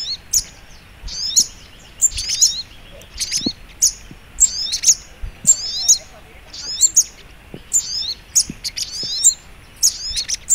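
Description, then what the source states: Little Spiderhunter song: short high chirpy phrases with sharp descending notes, repeated roughly once a second, over a faint steady background hiss. Masteran training recording, labelled Labaik.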